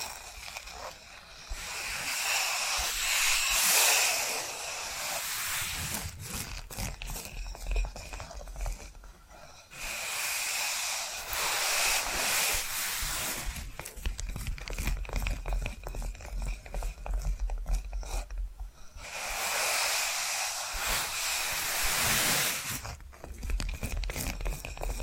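Tapping and scratching, with dense swells of bright, hissy scratching at the start, around 10 seconds and again near 20 seconds. Between them, quicker irregular taps and softer scrapes continue at a fairly even pace over a low, steady rumble.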